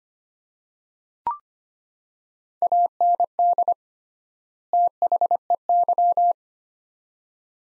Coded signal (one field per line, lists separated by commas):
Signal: Morse code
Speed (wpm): 25 wpm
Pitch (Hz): 700 Hz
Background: none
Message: AND THEY